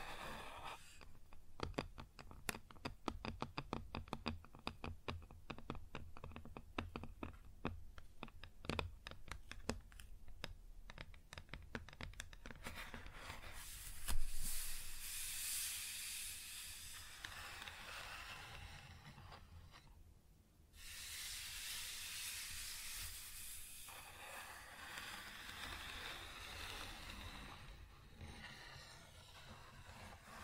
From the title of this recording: Wood Surface Tapping & Scratching